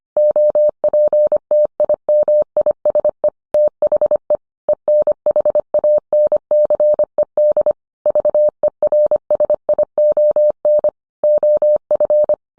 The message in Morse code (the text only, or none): OPTIMISE THE ENHANCED VERSION OF